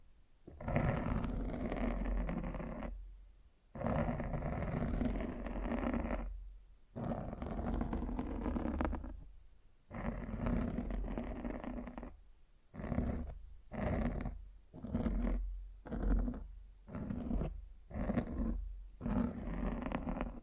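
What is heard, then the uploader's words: Something is scratching and rubbing right against a microphone. The noise is loud, rough and heavy in the lows. It comes in long strokes of two to three seconds with short silent gaps, then turns into quicker, shorter bursts after about thirteen seconds. ASMR Fall Asleep to Mic Scratching 1 Hour No Talking.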